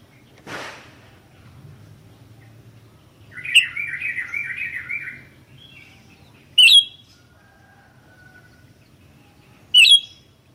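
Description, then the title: Sooty-headed bulbul song: a quick bubbling, warbled phrase, then two sharp piercing notes about three seconds apart; a soft thump opens. "kutilang"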